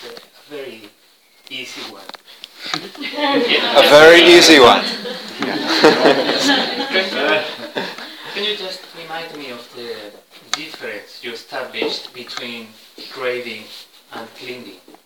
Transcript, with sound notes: It's a very easy one.
A very easy one? [laughter]
Can you just remind me of the difference you established between craving and clinging?